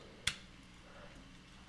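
With the battery removed, a KIWI Design G4 Pro silicone/plastic grip cover is pushed onto a VR controller body, and a single sharp, bright snap is heard at 0.3 s against a quiet background. The cover clicks right into place and seats as a perfect fit.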